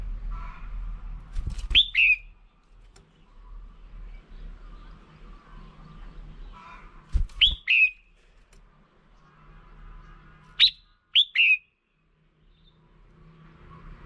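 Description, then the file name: Red-whiskered bulbul giving three bursts of sharp whistled notes, heard over a low background rumble. Female bird. "Tieng chao mao mai"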